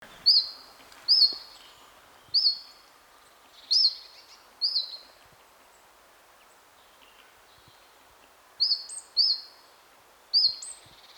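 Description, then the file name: Great tit calls: single clear, high notes with a sliding inflection, spaced unevenly, with a quiet gap midway before several more notes. "Parus major"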